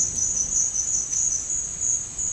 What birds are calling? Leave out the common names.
none